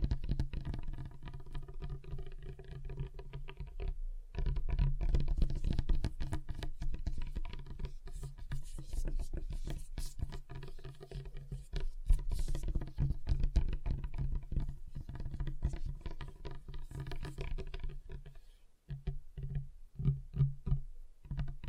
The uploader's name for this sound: Table Tapping Different Surfaces